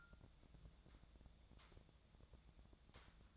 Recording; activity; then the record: daily activity, microphone in the room; take from stove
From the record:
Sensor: 3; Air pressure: 1000.0 hPa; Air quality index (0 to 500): 125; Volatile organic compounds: 2 ppm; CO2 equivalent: 1125 ppm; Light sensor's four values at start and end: 46/116/50/56 and 46/116/50/56